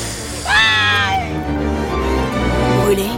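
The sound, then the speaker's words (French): A young girl lets out a sharp, high-pitched scream of pain as both her hands are plunged into boiling water, a single rising wail lasting under a second, followed by lower muffled sounds and murmuring. “La petite hurle de douleur.”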